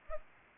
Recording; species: mosquito wingbeat signal from an infrared sensor; Anopheles arabiensis